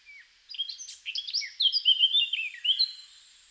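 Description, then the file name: Eurasian blackcap song: a scratchy note opens, then a rapid, bright warble of slurred whistles. "Sylvia atricapilla"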